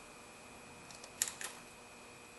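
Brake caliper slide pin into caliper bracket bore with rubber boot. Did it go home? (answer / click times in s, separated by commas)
yes / 1.2 s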